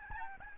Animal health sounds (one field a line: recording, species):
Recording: mosquito wingbeat signal from an infrared sensor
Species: Aedes albopictus